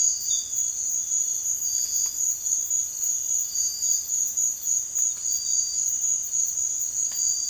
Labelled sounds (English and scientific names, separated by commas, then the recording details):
none
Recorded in dense forest near Puerto Asís, Putumayo, Colombia, on 20 February 2024 at 06:00
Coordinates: 0.505, -76.324
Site G6467